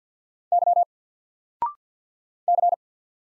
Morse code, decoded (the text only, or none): Y C